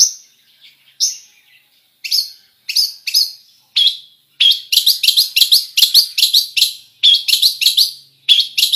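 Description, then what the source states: Long-tailed shrike song of sharp high chirps and downslurred whistles, sparse at first, then a rapid jumbled stream of varied notes. Full song with imitations, described as gacor (in full, lively song).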